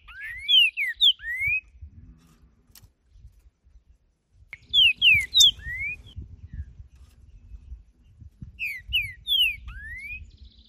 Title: ESQUENTAR Seu TRINCA Piando, Cantando E Macheando Na DISPUTA. Trinca Ferro Cantando na Natureza